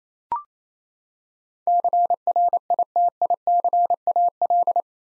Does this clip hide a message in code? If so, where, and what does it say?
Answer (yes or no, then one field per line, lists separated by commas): yes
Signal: Morse code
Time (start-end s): 1.7-4.8 s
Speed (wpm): 28 wpm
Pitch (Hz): 700 Hz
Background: none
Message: CRITICAL